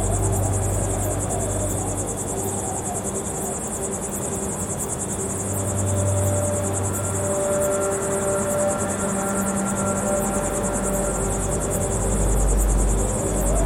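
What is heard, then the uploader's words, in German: In the Atlas Mountains at the Western Sahara's edge, crickets chirp steadily in a high, regular pulse over a low, wavering engine-like drone. Aufnahme vom Atlasgebirge am Rande der Westsahara.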